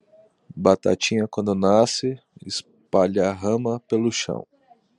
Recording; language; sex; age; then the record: short text; Brazilian Portuguese; male; 30 to 39 years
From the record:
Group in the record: control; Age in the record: 37 years